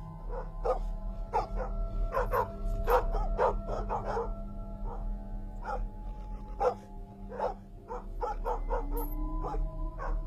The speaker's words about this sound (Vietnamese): Ở xa xa có tiếng chó cắn ma văng vẳng ở ngay chỗ bờ sông.